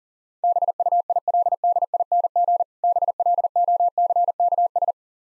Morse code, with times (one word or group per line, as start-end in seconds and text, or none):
0.4-2.6 BUILDING
2.8-4.9 BLOCKS